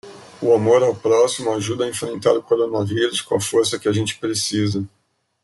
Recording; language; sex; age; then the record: spoken sentence; Brazilian Portuguese; male; 40 to 49 years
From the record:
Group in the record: control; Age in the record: 46 years